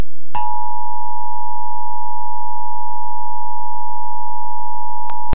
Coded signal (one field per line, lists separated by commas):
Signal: Emergency Alert System (SAME) tones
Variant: 853 and 960 Hz attention tone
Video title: Kentucky Statewide EAS Tests (June 13, 2019)